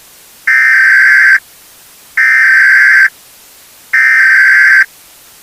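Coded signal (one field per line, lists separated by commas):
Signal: Emergency Alert System (SAME) tones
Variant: header bursts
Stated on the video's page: Fictional EAS scenario.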